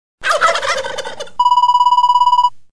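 Wild turkey gobbling in a rapid, rattling burst for about a second, followed by an electronic pulsing ring tone.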